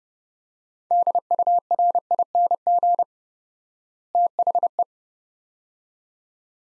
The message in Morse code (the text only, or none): DURING THE